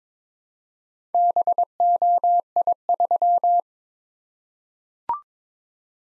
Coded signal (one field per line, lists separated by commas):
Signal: Morse code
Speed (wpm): 22 wpm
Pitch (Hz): 700 Hz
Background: none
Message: BOI3